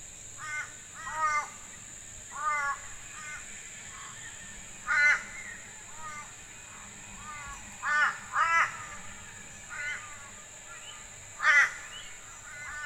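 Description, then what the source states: Crows giving rough repeated caws, single and paired harsh notes every one to three seconds, over a constant high tone. A murder of crows, a group of several crows.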